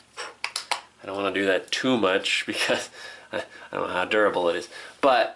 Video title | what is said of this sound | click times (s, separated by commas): Mophie MagSafe Charging Products Review! | two prongs and just snaps back in | 0.4 s